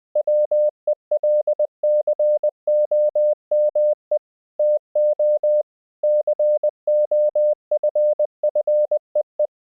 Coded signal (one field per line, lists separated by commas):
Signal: Morse code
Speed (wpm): 20 wpm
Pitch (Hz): 600 Hz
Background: none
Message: WELCOME TO COFFEE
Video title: What Morse Code Teaches Us About Learning English | B1 English Listening Practice